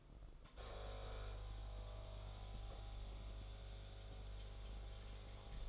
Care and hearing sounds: daily activity, microphone in the room; make coffee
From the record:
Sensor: 5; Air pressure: 994.6 hPa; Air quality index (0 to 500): 180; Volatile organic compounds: 988 ppm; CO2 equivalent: 5270 ppm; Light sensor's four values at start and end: 42/130/50/55 and 43/133/52/57

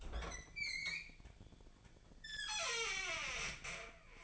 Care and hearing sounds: daily activity, microphone in the room; open fridge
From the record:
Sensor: 5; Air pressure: 1009.8 hPa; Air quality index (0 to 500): 164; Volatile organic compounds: 4 ppm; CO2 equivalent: 1594 ppm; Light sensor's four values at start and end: 109/282/117/125 and 109/282/117/125

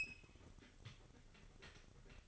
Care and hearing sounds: daily activity, microphone in the room; open fridge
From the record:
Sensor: 4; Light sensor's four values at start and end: 15/34/14/14 and 15/33/14/14

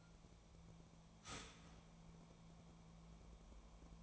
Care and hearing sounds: daily activity, microphone in the room; start toaster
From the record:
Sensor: 1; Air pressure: 1000.3 hPa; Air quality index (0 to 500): 156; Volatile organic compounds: 3 ppm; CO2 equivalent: 1459 ppm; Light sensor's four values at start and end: 29/72/30/36 and 29/72/30/36

